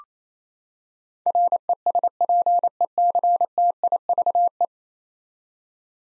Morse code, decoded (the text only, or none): RESPECTIVE